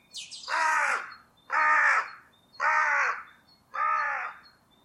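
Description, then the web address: Bird giving four harsh, nasal caws, evenly spaced about a second apart, each slightly drawn out, over quiet background. "cianscape. Deverinetal. Bird Only"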